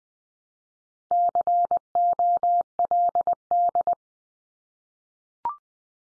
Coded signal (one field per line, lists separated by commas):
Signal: Morse code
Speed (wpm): 20 wpm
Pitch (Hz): 700 Hz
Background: none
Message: COLD